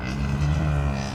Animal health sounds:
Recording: contact call of a hoofed animal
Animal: cattle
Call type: low-frequency (closed-mouth) or high-frequency (open-mouth) call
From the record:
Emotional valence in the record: negative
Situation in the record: physical separation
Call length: 1.15 s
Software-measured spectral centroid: 1870 Hz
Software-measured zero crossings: 1150 a second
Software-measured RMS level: -24 dBFS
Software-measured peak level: -13 dBFS

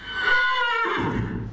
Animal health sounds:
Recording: contact call of a hoofed animal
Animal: horse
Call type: whinny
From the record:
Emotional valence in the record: negative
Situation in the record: group separation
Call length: 1.52 s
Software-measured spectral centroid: 1810 Hz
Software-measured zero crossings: 2370 a second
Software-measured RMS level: -24 dBFS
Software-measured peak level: -10 dBFS

